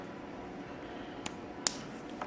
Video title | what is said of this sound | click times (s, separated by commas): Delphi Connector pn 66 AC connector OS TBI Engine | until it clicks | 1.7 s